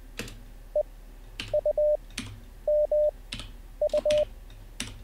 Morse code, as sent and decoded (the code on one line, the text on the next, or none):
. ..- -- ..-
EUMU